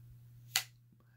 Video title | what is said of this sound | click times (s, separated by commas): Hacker Forged Knives - Neck Knife Review | it kind of locks in place there and you could put this in your pocket as well | 0.6 s